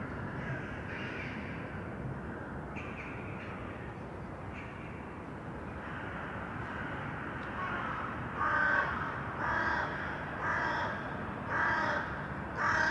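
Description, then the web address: Crow calls, a few faint caws early, then a run of five loud, evenly spaced harsh caws over steady noise. Urban crows; sound processed by detuning. "sonniss-gdc-audio detunized-urban-crows"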